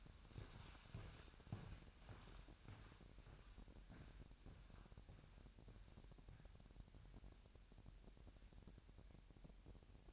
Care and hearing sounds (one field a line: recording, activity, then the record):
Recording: daily activity, microphone in the room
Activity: walk to room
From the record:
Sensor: 2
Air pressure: 1012.1 hPa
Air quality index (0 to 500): 162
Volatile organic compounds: 2 ppm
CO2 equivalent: 1169 ppm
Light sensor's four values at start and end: 71/171/69/68 and 81/192/79/76